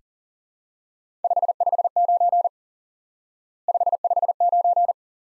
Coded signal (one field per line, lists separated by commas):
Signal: Morse code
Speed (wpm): 40 wpm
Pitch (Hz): 700 Hz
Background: none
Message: 559 559